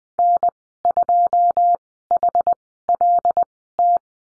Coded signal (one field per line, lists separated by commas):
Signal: Morse code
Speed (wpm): 20 wpm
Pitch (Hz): 700 Hz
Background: none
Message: N2HLT